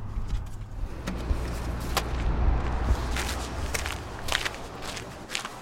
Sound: walking sounds